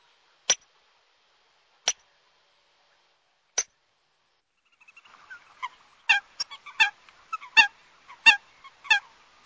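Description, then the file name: Eurasian coot giving sharp, explosive single calls about every one to two seconds, then a quicker run of abrupt, repeated calls with fainter chatter underneath. "meerkoet"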